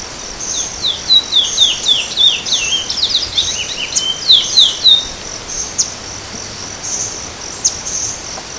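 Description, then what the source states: Chestnut-bellied seed finch singing a fast series of sharp, downslurred whistled notes, about three or four each second, over a steady high insect-like whine. Itatiaia National Park, Brazil; date given as 9-1-14, recorded around 17 h.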